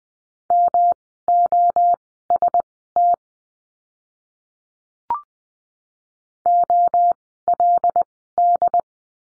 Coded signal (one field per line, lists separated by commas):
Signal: Morse code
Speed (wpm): 20 wpm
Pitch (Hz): 700 Hz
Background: none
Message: MOST OLD